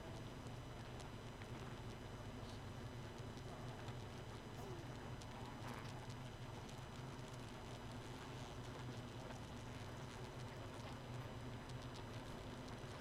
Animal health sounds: honeybee colony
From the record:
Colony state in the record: missing queen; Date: 31 May 2018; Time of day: 0:39

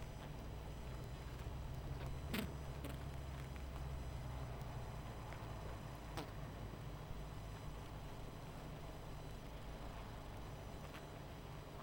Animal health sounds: honeybee colony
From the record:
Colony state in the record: missing queen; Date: 14 July 2017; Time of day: 21:33

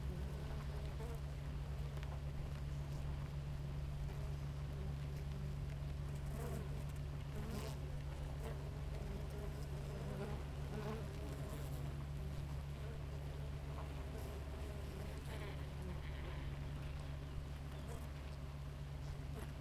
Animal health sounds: honeybee colony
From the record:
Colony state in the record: active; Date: 28 July 2017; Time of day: 5:31

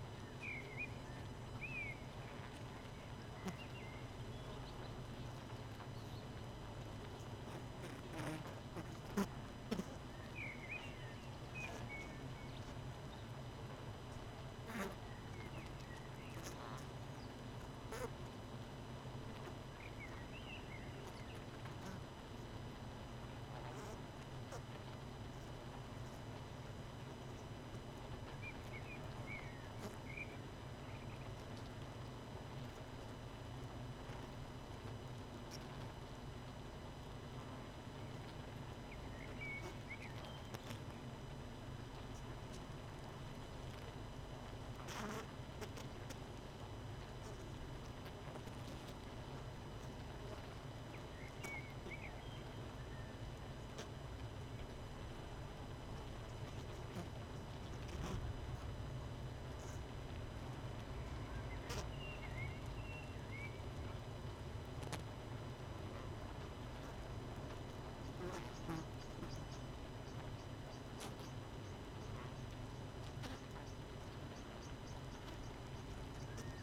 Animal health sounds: honeybee colony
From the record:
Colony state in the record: missing queen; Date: 31 May 2018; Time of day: 18:58

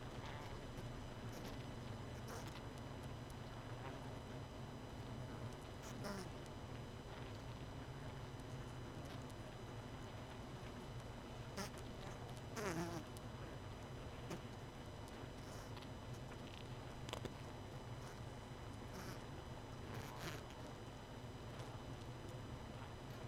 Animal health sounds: honeybee colony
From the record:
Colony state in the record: missing queen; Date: 31 May 2018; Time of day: 22:41

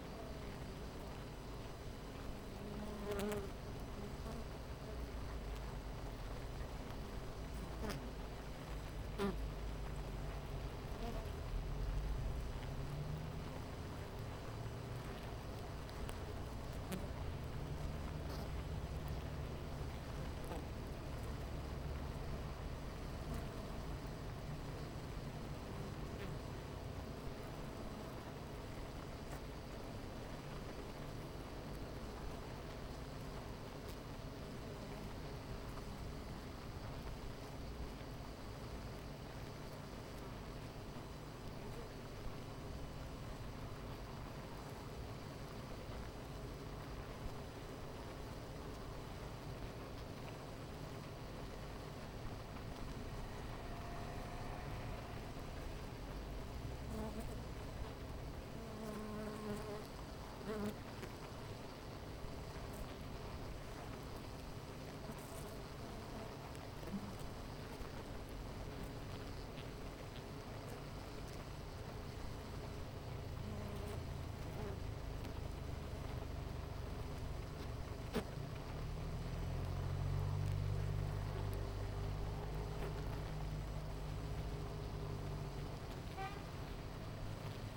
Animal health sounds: honeybee colony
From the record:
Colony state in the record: missing queen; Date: 14 July 2017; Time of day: 9:31

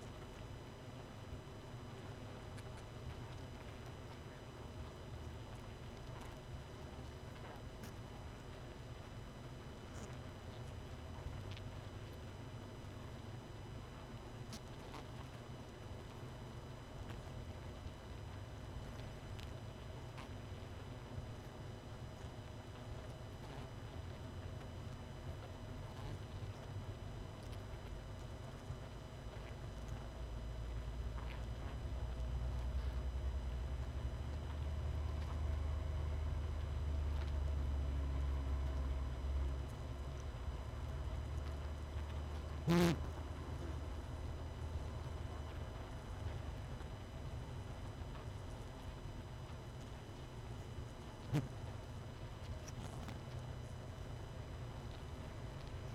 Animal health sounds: honeybee colony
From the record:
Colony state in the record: missing queen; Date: 31 May 2018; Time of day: 20:58

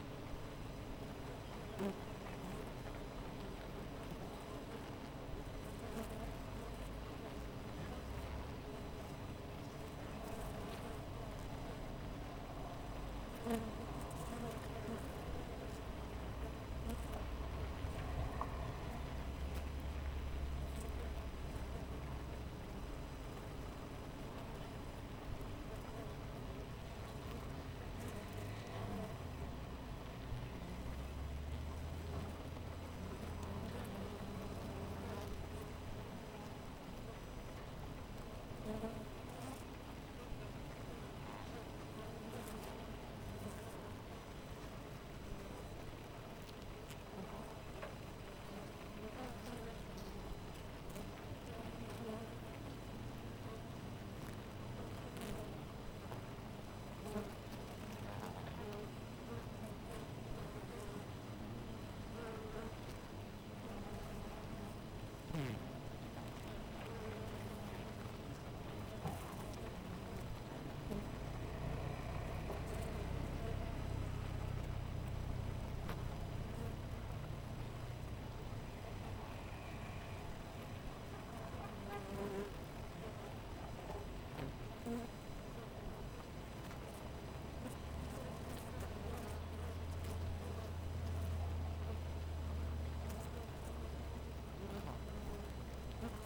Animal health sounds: honeybee colony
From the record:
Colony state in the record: missing queen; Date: 14 July 2017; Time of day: 5:37

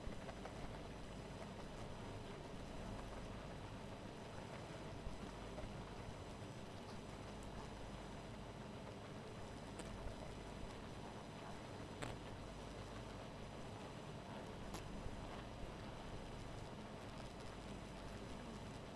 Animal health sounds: honeybee colony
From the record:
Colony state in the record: missing queen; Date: 14 July 2017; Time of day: 2:25

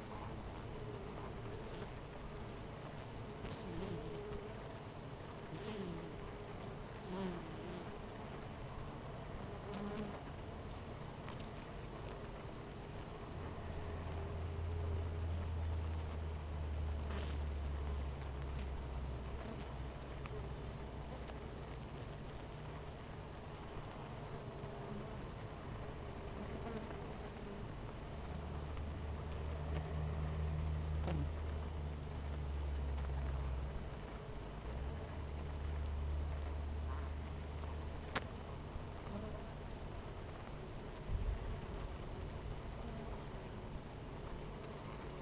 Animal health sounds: honeybee colony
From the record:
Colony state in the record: missing queen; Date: 14 July 2017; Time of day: 10:10

